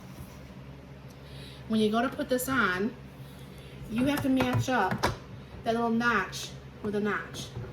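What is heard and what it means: A KitchenAid chopper attachment is being lined up by its notch with the notch on the stand mixer attachment hub, with light handling noise under the talk. Someone talks throughout, and nothing has seated or clicked onto the hub yet.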